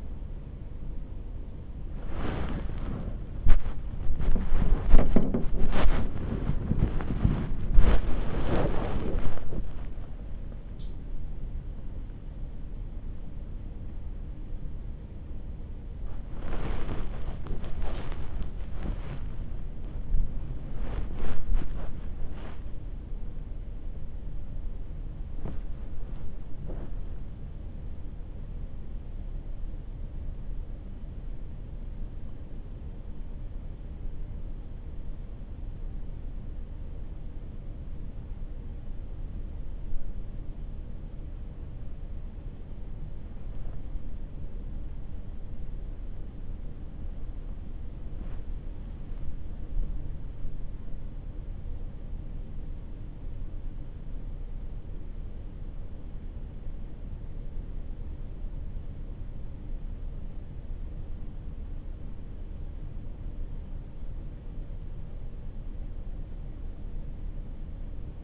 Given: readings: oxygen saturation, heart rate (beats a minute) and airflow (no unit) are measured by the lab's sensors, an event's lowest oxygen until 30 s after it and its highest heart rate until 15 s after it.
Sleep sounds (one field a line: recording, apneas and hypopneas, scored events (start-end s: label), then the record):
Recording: a person awake in a sleep study, by a smartphone at the bedside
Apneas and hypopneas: 1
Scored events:
0.00-68.24 s: awake
27.00-58.10 s: hypopnea (scored as awake, oxygen 97% highest, then 95% lowest)
From the record:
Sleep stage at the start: awake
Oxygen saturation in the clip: 96 to 97%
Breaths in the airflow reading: 14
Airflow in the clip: -10.7 to 12.8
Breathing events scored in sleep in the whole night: 304 in 5.6 hours asleep